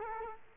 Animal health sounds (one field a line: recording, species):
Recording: mosquito wingbeat signal from an infrared sensor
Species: Culex quinquefasciatus